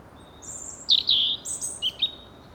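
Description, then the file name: European robin singing a brief phrase of high sliding whistles and quick twittering notes over soft background hiss. "Erithacus rubecula"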